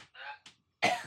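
A quick run of about four harsh, wet, nasty-sounding coughs in one second from a sick adult, the last the loudest.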